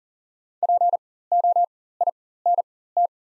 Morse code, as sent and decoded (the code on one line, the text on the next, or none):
.--. --- .. -. -
POINT